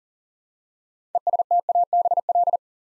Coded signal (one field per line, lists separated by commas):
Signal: Morse code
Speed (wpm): 40 wpm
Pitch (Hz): 700 Hz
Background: none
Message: ESTABL